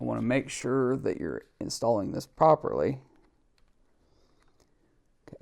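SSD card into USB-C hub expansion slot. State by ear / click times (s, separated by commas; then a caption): not seated / none. Someone talks for about three seconds, then a quiet stretch with faint small ticks follows and a few soft knocks come near 5.3 seconds as a small SSD expansion card is tried the wrong way round in the expansion slot of a USB-C hub. The card will not go in that way, since it has to be inserted upside down, and nothing has seated or clicked yet.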